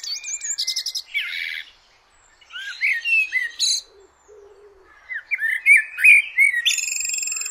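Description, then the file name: Common blackbird song, with a rapid high trill opening, then fluty mid-pitched warbling phrases broken by brief silences and finishing in a buzzy high twitter. "Turdus merula"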